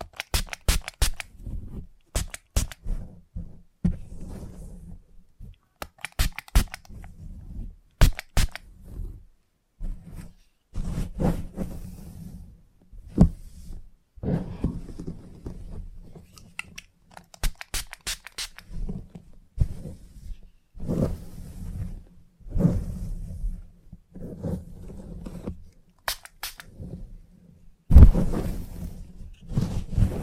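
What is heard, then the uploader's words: A salon haircut with a head massage: sharp scissor snips come in quick bursts throughout, clustered early and again near the end. Between them run soft rubbing and brushing sounds over a low steady hum, with an occasional thump and a louder knock near 28 seconds. Salon Haircut Head Massage, Scissors and Clipper.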